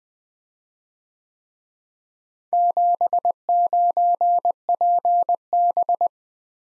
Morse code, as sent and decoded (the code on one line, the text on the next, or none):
--... ----. .--. -...
79PB